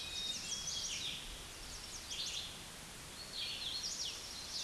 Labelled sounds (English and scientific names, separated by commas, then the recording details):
Hooded Warbler (Setophaga citrina) song
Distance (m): 45 m
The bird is about 15 m above the microphone
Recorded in a Pennsylvania forest on 16 May 2024 at 09:44
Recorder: AudioMoth, point MSD-1295
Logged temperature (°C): 13.7 °C
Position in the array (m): 158 m, 108 m